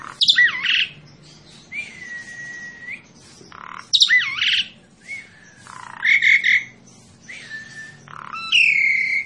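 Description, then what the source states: Asian pied starling song of drawn-out level whistles, twisting squeaks and short buzzy bursts separated by quiet gaps, with a faint low hum underneath. Master recording for training captive birds.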